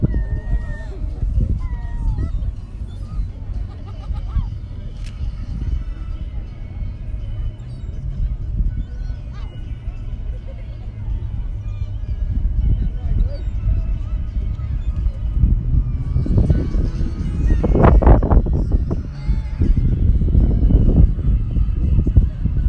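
Sea wind on a beach, a steady low rumble that swells and grows louder after about sixteen seconds. Short gull-like calls and chirps appear early, with faint voices of people scattered through the clip.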